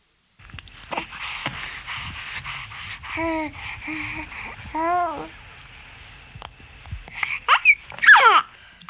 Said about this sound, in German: Es klingt schön, wenn ein Baby seine ersten Gurrlaute hören lässt. Wenn dann das Brabbeln dazukommt, entstehen richtige Geschichten. Und was die Kleinsten uns alles erzählen wollen.